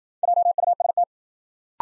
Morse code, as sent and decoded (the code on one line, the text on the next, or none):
.--- ..- ... -
JUST